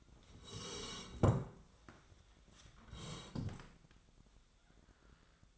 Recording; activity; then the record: daily activity, microphone in the room; sit down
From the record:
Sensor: 3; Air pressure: 1012.2 hPa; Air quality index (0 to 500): 170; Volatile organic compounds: 2 ppm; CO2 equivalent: 1304 ppm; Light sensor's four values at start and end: 129/267/139/159 and 92/204/100/108